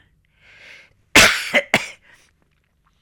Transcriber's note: he coughs